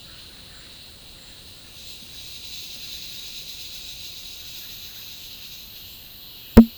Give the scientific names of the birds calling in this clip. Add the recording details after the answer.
none. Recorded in dense forest near Puerto Asís, Putumayo, Colombia, on 19 February 2024 at 13:00. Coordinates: 0.502, -76.324. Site G6370